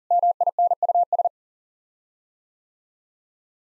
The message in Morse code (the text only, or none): MINUS